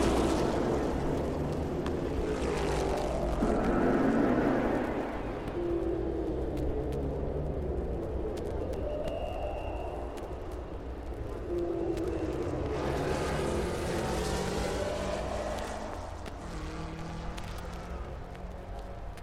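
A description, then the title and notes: Motoring sounds: a steady low engine rumble runs throughout, with rising and falling tones sweeping as the vehicle changes speed, louder in the first five seconds and again around 13 to 16 seconds. A brief high whine appears near 9 seconds. The Sounds of Motoring.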